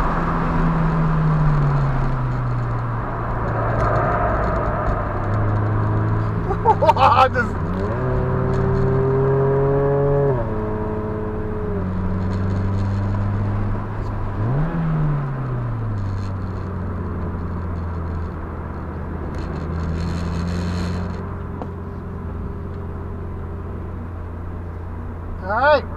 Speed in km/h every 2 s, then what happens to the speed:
92, 76, 74, 63, 63, 63, 71, 58, 45, 47, 48, 47, 47.
0-5 brakes to 63. 5-11 steady at about 63. 11-13 speeds up to 71. 13-16 brakes to 45. 16-26 steady at about 47.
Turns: 0-7, 15-19.